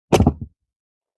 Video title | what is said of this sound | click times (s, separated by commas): LATCH Installation, Cybex Callisto G 360 | You're going to hear a clicking sound to let you know it's closed and with one hand, | 0.1 s